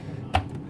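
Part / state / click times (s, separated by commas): graphics card into desktop PC motherboard PCIe slot / seated / 0.4 s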